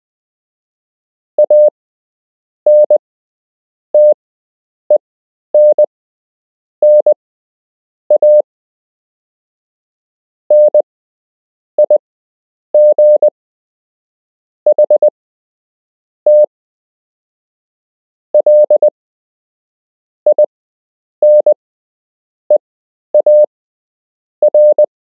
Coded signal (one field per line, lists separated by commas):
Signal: Morse code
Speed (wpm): 20 wpm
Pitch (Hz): 600 Hz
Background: none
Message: ANTENNA NIGHT LINEAR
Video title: You can learn Morse code - Part 4